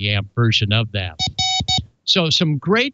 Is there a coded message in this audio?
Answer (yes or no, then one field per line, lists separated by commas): no